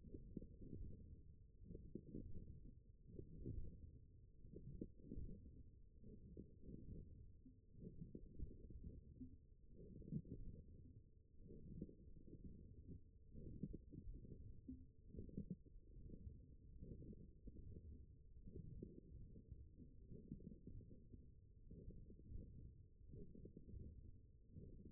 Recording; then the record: forearm muscle sounds (acoustic myography)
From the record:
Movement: forearm pronation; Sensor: system 1, eight BSWA MPA416 microphones around the upper forearm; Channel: 1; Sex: male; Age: 21 years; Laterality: right